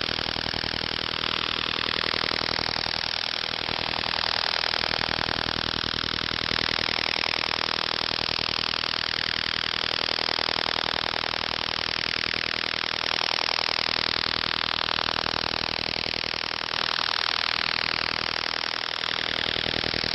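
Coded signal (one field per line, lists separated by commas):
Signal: radar signal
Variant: over-the-horizon radar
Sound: steady harsh rasping buzz, about fifty pulses a second, lasting the whole clip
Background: radio static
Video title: Signals of Over The Horizon Radars OTH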